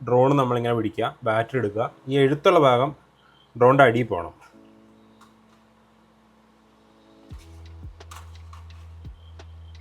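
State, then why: Not seated. Someone talks while holding a DJI Mini 3 Pro camera drone and sliding its flight battery into the rear bay, label side facing down. After the talk, a low steady hum runs with a few short sharp knocks and scrapes around 8.0–8.5 s and at 9.4 s. Nothing has seated or clicked yet.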